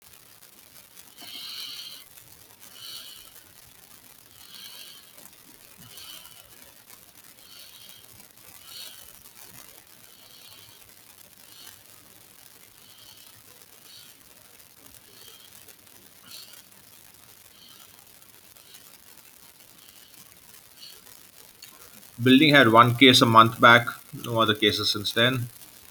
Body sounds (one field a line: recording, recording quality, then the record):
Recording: deep breathing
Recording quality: moderate, slight background noise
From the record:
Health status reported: healthy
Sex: male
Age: 44 years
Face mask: not worn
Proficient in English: yes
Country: India